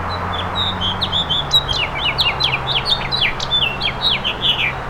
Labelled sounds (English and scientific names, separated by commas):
House Finch (Haemorhous mexicanus) song